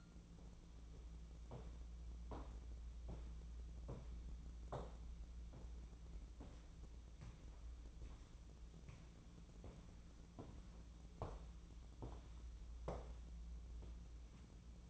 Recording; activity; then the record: daily activity, microphone in the room; walk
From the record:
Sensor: 1